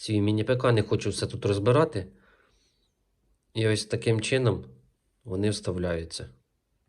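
Someone talks while handling a printed rubber/plastic add-on foot that is being pushed onto a factory foot of a GMKtec K11/K8 Plus mini PC, to raise the case for better air intake. One quiet hit is heard between stretches of speech. Nothing has seated or clicked yet; the clip ends just before the foot goes home.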